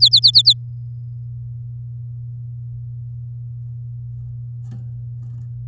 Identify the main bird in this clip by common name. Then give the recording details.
Domestic Canary. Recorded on 10 May 2018 at 07:25. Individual llb16